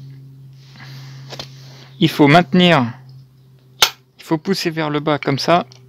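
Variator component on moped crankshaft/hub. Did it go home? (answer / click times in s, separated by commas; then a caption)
no / none. A variator part is held and pushed downward onto the crankshaft or hub of a moped while it is being fitted. Someone talks over a steady low hum, and short sharp hits sound around 1.4, 3.1, 3.6 and 3.8 seconds, the loudest near 3.8 seconds. Nothing has seated or clicked yet when the clip ends.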